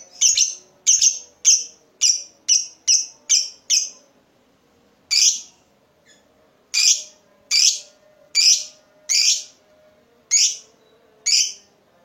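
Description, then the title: Lovebird calling with a rapid run of sharp, high-pitched chips, a brief pause, then slower harsh chirps. Lovebird whose style makes it look very clever at baiting (memancing). "Dari Gayanya Lovebird Ini Terlihat Pintar Sekali Memancing"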